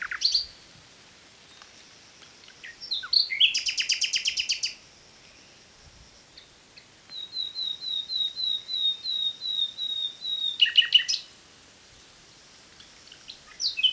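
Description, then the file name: Common nightingale song: scattered chirps, then a fast buzzy pulsed trill, and later a long even series of repeated whistled notes ending in a sharp flourish. "Luscinia megarhynchos"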